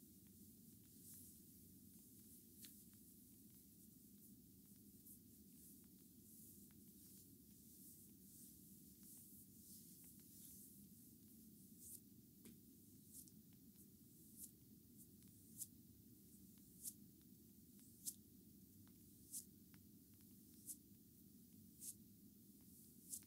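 Bamboo brooms sweep and brush in a steady, dense hiss over a low rumble, with sharp little ticks growing more frequent toward the end.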